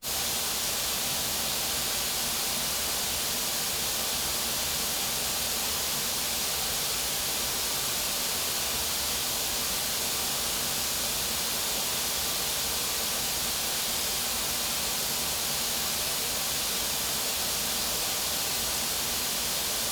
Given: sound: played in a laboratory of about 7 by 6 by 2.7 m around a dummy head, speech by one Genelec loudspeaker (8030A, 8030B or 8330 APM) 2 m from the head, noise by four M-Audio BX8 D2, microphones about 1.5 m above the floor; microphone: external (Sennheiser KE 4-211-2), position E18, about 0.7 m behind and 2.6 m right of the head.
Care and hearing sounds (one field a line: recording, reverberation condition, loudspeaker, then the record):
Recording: white noise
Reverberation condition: medium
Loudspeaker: four, about 170 cm from the corners of the room and facing them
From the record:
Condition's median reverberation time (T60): about 510 ms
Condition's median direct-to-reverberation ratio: about -0.5 dB